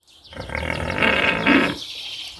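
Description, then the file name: Pig giving one harsh, drawn-out grunting call of about one and a half seconds, rough and noisy, swelling slightly toward the end. Loudness level 3. "schwein lautstaerke 3"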